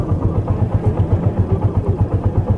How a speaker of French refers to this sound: Arrivé à la gare du Nord, vous êtes accueilli par la circulation des motos provenant dans différents endroits.